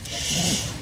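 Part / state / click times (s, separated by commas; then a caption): fuel line quick-connect coupling onto inline fuel filter / not seated / none. A fuel line quick-connect coupling on a 2002 Jeep is given a good push onto the inline fuel filter fitting, making a short rasping, rubbing sound. It does not lock on, and nothing has clicked or seated yet.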